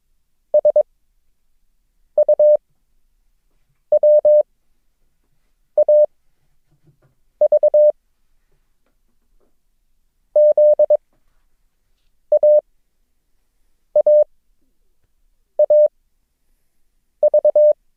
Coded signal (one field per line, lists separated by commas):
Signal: Morse code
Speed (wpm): 22 wpm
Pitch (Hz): 600 Hz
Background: none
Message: SUWAV ZAAAV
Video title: Morse Code – O, G, Q - lesson 7